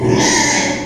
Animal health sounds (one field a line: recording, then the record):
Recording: squeal of a Yucatan mini pig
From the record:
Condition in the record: before surgery on the right vocal fold (resection and tissue-engineered implant)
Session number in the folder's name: 2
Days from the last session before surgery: 0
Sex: male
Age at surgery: 12 weeks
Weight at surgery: 13 kg